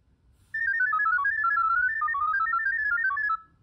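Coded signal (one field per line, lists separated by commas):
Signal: data over sound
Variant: ggwave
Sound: quick chirpy sequence of stepping beeping tones for about three seconds, like a melody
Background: low hum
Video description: The ESP32 microcontroller receives sound messages from the Andriod phone via the attached analog microphone module.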